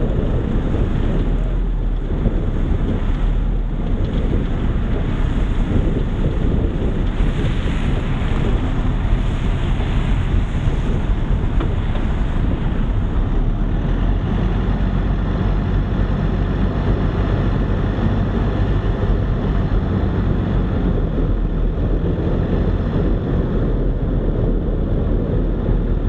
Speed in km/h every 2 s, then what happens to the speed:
28, 27, 24, 23, 20, 20, 22, 26, 29, 30, 31, 32, 33.
0-11 slows to 20. 11-17 speeds up to 30. 17-26 steady at about 31.